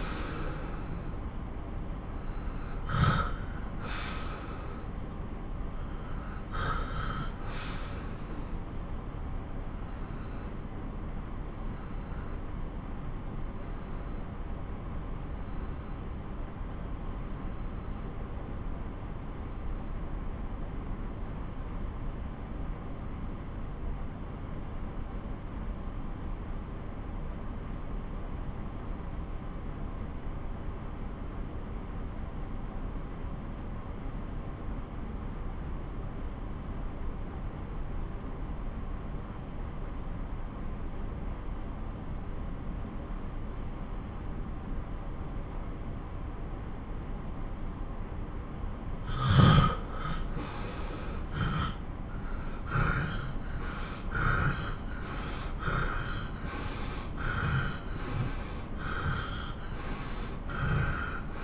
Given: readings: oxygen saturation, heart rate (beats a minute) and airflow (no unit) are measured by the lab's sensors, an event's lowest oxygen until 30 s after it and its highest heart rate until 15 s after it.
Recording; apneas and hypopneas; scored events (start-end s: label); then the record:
breathing in sleep by a smartphone at the bedside; 1
9.00-48.90 s: obstructive apnea (N2, oxygen 94% highest, then 85% lowest)
34.00-61.44 s: new sleep stage, N1 (lightest sleep)
From the record:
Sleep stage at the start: N2 (light sleep); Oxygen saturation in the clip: 83 to 94%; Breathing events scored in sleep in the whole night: 217 in 6.3 hours asleep